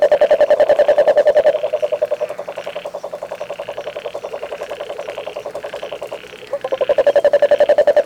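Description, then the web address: Frog gives a fast, pulsed rattling call of many rapid clicks, loud at first, softer in the middle, then loud again near the end. Recorded on 17 February 2022 between 21:00 and 23:00. "frog rec 21-23 20220217"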